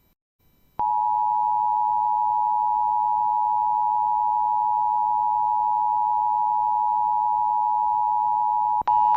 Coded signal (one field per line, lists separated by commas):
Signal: Emergency Alert System (SAME) tones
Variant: 853 and 960 Hz attention tone